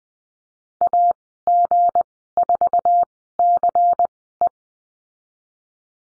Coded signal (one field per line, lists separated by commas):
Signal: Morse code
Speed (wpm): 20 wpm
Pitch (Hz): 700 Hz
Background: none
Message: AG4CE